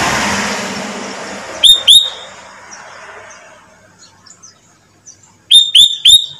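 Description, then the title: Sooty-headed bulbul song: a pair of sharp whistled notes, then after a pause a run of three similar bright notes, with fading noise at the start. "Kutilang"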